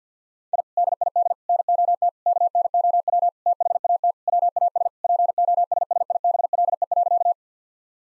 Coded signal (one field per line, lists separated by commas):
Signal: Morse code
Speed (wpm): 50 wpm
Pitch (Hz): 700 Hz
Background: none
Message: I DID NOT KNOW THAT WAS POSSIBLE.